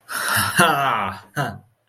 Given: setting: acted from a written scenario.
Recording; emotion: vocal sound without words; elation